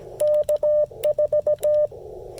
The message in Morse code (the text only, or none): K4